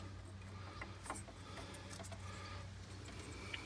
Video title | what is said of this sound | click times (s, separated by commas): Classic Tesla Model S Openpilot EON Install | So that one goes in like that. Little click once you get it in all the way. | 3.5 s